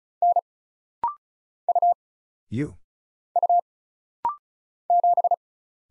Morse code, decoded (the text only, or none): N U U 7